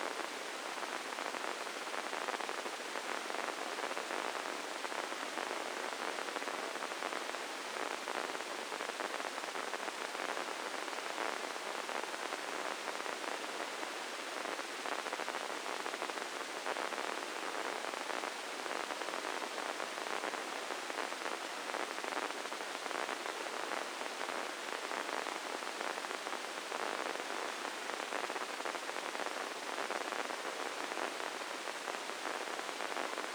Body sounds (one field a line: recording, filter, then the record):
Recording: brain microelectrode recording played as sound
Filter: spike band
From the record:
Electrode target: subthalamic nucleus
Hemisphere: left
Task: reaching with the right hand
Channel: 1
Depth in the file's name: 4.826 mm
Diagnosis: Parkinson's disease